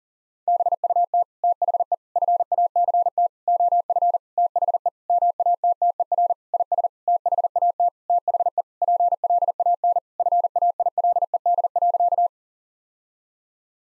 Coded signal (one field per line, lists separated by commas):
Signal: Morse code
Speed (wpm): 37 wpm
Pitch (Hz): 700 Hz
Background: none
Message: BUT THE FACT OF THE MATTER IS THAT THE PLAN FAILED.